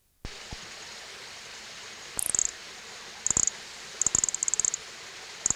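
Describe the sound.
Nesobia mjobergi giving high buzzy chirps, first scattered, then in quick stuttering runs of several pulses, after a brief silent start.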